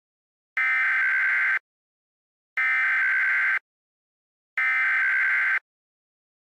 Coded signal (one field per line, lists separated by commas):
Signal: Emergency Alert System (SAME) tones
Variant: header bursts